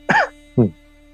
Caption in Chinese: 听听，现在还咳嗽呢。 这个自从有疫情开始了三年，还是每个人都感染了一次。